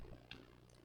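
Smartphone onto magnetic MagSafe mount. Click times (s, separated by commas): 0.3 s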